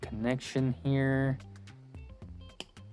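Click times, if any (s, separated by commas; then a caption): 2.6 s. Someone talks over music as a separately packaged plastic tail is lined up with the hip ball-joint socket on an action figure, followed by quiet handling with small taps. The tail is pushed in and clicks sharply into the ball joint at 2.6 s, seating securely.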